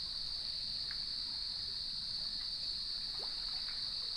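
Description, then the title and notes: Cricket chorus, a continuous shrill trill on a single high pitch, with a few faint short sounds and soft low water noise beneath. Evening chorus at sunset on the beach of Lighthouse West Natural Area, Leelanau Peninsula, recorded by gnarled cedar trees with waves in the background. "Sounds of Leelanau Peninsula: Lighthouse West Natural Area. Nature is my Jam"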